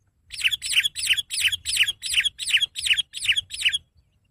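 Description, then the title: Sooty-headed bulbul giving a steady run of about eleven loud, sweeping chirps, roughly three per second, with faint low rumble beneath. "kutilang"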